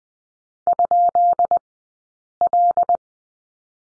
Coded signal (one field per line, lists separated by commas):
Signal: Morse code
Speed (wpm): 20 wpm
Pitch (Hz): 700 Hz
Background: none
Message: ?L